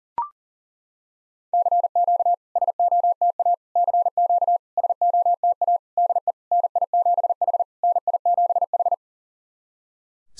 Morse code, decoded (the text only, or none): CQ SOTA CQ SOTA DE NI7H NI7H